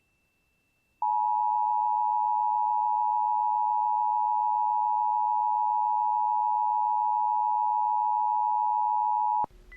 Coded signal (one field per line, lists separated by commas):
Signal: Emergency Alert System (SAME) tones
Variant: 853 and 960 Hz attention tone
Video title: (ARCHIVED) AMBER ALERT CHAOS. EAS alerts from 7/7/23 (EAS #86-90)